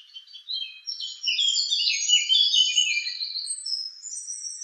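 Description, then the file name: Song thrush singing a rapid, dense run of high, varied twittering and whistled notes, rising toward the end. "suara-kicauan-burung-song-thrush 7-omkicau"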